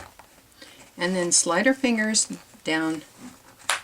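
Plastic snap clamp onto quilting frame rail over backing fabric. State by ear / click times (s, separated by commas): seated / 3.7 s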